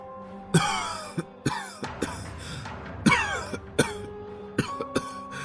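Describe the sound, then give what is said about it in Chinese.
An old man, the elderly Taoist temple master Canghong, coughs in a long, uncontrollable fit: a series of harsh, rasping bursts at an uneven rhythm, each spasm followed by a strained catch or wheeze before the next. “苍红老观主开始不受控制地咳嗽起来，小道士赶紧过去给他捶背，苍红咳得喉头都有些腥甜味了。”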